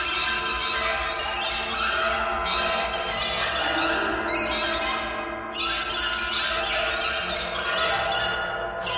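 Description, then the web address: Bird giving dense, rapid rasping calls in repeated bursts, with only a short break partway through. "soundfactory birds birds birds thread buzz all"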